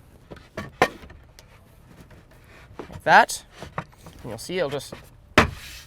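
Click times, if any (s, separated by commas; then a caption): 5.4 s. A folded poplar plywood bed panel for a 4Runner drawer-system platform is pushed toward the folded row while someone talks, with a few light knocks along the way. At 5.4 s, a single sharp snap is heard as the panel locks into place.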